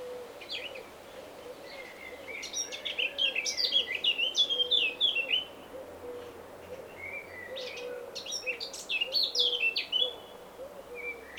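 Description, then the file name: Eurasian blackcap song, two long phrases of rapid varied warbling, accompanied by a steadily repeated low hollow note underneath. "Sylvia atricapilla"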